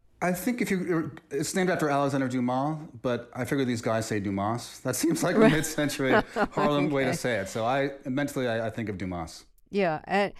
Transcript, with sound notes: I think if you - it's named after Alexandre Dumas. But I figure these guys say Dumas. That seems like the mid-century...
Right. (laughter) OK.
...Harlem way to say it. So I - mentally, I think of Dumas.
Yeah.